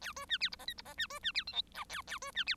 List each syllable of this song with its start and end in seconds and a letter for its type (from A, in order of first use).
0.01-0.13 A, 0.16-0.25 B, 0.29-0.38 C, 0.40-0.49 D, 0.52-0.56 E, 0.59-0.65 F, 0.67-0.74 G, 0.77-0.82 E, 0.85-0.94 F, 0.97-1.07 C, 1.10-1.19 B, 1.23-1.32 C, 1.34-1.44 D, 1.47-1.53 H, 1.53-1.62 I, 1.74-1.84 J, 1.89-2.02 A, 2.07-2.18 A, 2.21-2.31 B, 2.34-2.44 C, 2.46-2.55 D